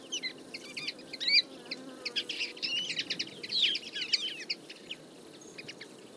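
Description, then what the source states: Common Linnet flock chatter, bursts of rapid overlapping twittering notes. Flock of about fifty feeding in a field in late summer; calls, flights and autumn babbling; recorded for an hour with a single-microphone parabola.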